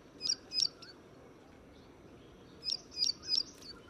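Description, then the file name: Plain prinia giving short bursts of high, clipped repeated notes, two then three, separated by a quiet gap. "褐頭鷦鶯"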